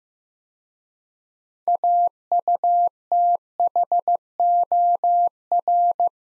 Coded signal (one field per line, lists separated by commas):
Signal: Morse code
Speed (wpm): 15 wpm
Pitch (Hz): 700 Hz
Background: none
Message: AUTHOR